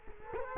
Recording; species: mosquito wingbeat signal from an infrared sensor; Culex quinquefasciatus